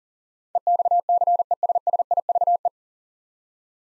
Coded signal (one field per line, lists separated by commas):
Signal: Morse code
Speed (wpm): 37 wpm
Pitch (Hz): 700 Hz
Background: none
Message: EXCESSIVE